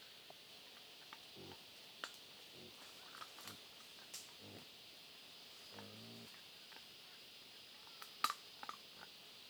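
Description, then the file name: Wild boar giving a few low, throaty grunts between sharp chewing clicks, against a continuous buzzing insect chorus. Family group of wild boar feeding on acorns, Huairou District, 11 August 2022, 07:13. "2022-08-11-0713-Wild-Boar-family-feeding-on-acorns-Huairou-District"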